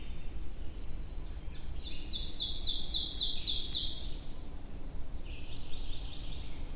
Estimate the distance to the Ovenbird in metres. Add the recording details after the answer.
about 30 m. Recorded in boreal forest in Alberta, Canada, on 23 June 2016 at 06:09. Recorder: SongMeter 3, array SBT-6-76. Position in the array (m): 158 m, 129 m. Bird 3